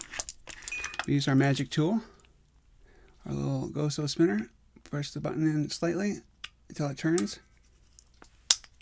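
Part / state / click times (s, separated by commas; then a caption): padlock spinner in padlock body / seated / 8.5 s. Someone talks while opening a picked TRIMAX padlock, pushing the button in slightly and turning the spinner in the padlock body, with faint light ticks between phrases. A single sharp, loud click at 8.5 s marks the spinner seating into position.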